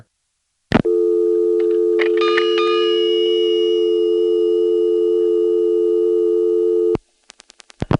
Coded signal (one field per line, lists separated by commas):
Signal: telephone call progress tone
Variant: North America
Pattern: dial tone